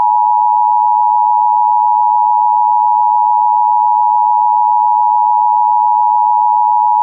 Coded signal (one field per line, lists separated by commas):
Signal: Emergency Alert System (SAME) tones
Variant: 853 and 960 Hz attention tone